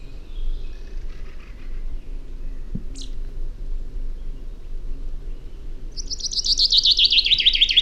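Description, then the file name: Common chaffinch song: a fast run of repeated notes near the end, stepping gradually downward in pitch and cut off before finishing, with a single brief click earlier. "Fringilla coelebs"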